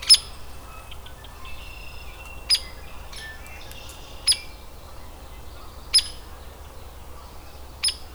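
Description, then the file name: Hairy woodpecker sharp peek calls, five clipped notes at uneven gaps, with quieter whistles and twitters from other birds in between. Adult bird. "Hairy WPAdult"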